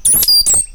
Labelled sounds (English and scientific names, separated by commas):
Stitchbird (Notiomystis cincta) song